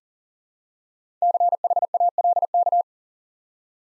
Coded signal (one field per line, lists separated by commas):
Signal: Morse code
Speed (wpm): 38 wpm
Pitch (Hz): 700 Hz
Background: none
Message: CHALK